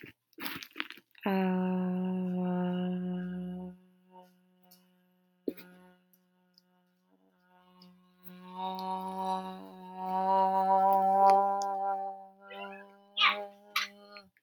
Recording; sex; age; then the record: vowel held as long as possible; female; 20 to 29 years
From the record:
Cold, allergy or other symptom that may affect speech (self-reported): no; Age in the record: 28 years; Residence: Florida, United States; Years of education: 17